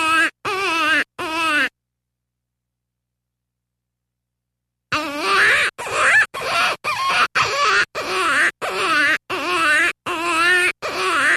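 Jackrabbit distress screams: shrill, wavering cries in short bursts, a few at first, then a long silence, then a fast series of repeated squeals.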